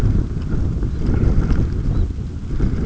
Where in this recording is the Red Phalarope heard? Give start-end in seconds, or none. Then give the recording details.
0.81-1.07, 1.79-2.12. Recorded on Arctic tundra, site UTQI-5, on 28 June 2018. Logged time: 00:00